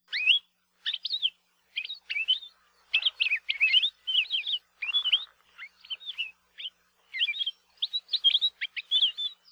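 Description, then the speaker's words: Palila giving a varied series of high, slurred whistles, chips and warbled phrases, spaced in short bursts over about ten seconds. Native honeycreeper found only on the Big Island of Hawaii, in mamane-dominated forests; has an incredible variety of songs and calls; its song is thought of as a sign that rain will soon come. "studying the vocalizations of the palila and has found they have an incredible variety of songs and calls."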